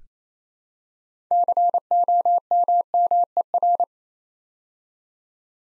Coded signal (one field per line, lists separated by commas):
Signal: Morse code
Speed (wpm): 29 wpm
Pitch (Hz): 700 Hz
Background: none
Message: COMMER